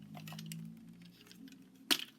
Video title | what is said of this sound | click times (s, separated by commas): DX-9 D05 Chigurh Leader MP Astrotrain Pre Production Sample | there we go that join point is now locked | 1.9 s